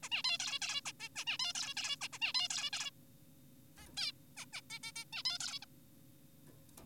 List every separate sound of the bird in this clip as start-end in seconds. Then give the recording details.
0.03-0.09, 0.12-0.23, 0.24-0.38, 0.40-0.59, 0.62-0.81, 0.85-0.92, 1.00-1.09, 1.16-1.25, 1.27-1.38, 1.40-1.53, 1.55-1.74, 1.77-1.96, 2.01-2.08, 2.13-2.18, 2.22-2.33, 2.35-2.48, 2.50-2.70, 2.73-2.91, 3.77-3.87, 3.97-4.12, 4.37-4.45, 4.53-4.62, 4.70-4.79, 4.83-4.92, 4.96-5.04, 5.13-5.23, 5.25-5.38, 5.40-5.59, 5.62-5.66. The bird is an adult. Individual g4p5U